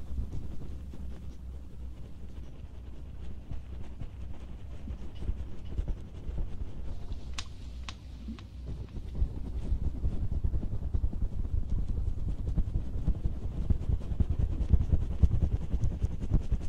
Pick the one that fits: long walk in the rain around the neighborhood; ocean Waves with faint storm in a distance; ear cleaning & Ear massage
ear cleaning & Ear massage